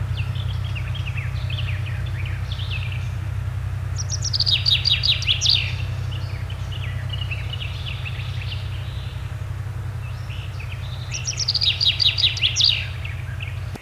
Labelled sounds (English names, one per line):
Common Chaffinch song